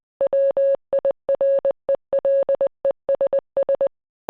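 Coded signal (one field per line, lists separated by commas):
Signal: Morse code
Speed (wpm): 20 wpm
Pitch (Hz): 550 Hz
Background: none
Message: WIRELESS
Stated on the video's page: Morse from a recreation using an original coherer receiver and spark coil, a Siemens Morse inker and a grasshopper key.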